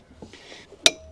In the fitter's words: you gotta keep going until it clicks